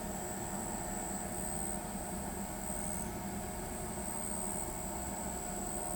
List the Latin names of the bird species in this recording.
none